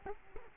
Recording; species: mosquito wingbeat signal from an infrared sensor; Culex quinquefasciatus